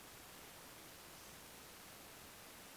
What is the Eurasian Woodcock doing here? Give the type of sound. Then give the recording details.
whistle. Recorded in Baden-Württemberg, Germany, on 10 June 2020 at 20:07 UTC. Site 45520, 595 m above sea level